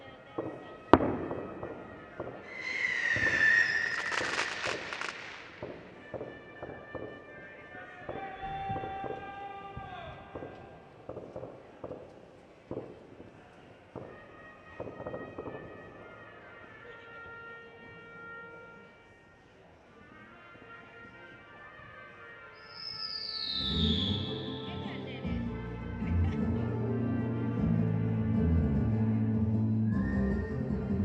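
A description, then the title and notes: New Year's night in El Borge: sharp firecracker bangs go off irregularly throughout, with whistling rockets rising near the start and again around 23 seconds. Voices murmur between the blasts, and a dense, rumbling barrage of explosions fills the last third. New Year at El Borge. Turn of the year in El Borge.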